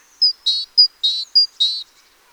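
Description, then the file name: Great tit calling: high sharp whistles each followed by a grating buzz, three pairs in a steady rhythm, then silence. "Parus major"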